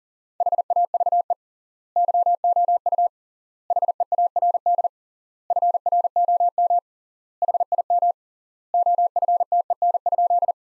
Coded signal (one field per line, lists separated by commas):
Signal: Morse code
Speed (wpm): 40 wpm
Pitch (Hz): 700 Hz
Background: none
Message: HAVE YOU HEARD FROM HIM OFTEN?